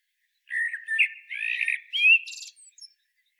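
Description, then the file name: Common blackbird song: a single fluty warbled phrase, mellow and varied, closing with a thin high twittering flourish. "Turdus merula"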